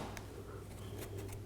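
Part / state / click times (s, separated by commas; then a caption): pleated filter media into electronic air cleaner frame / not seated / none. Pleated filter media is pushed gently down into the retaining slots along one side of an AprilAire 5000 electronic air cleaner frame, with a steady low hum and a few faint handling ticks. Nothing has seated or snapped into place yet.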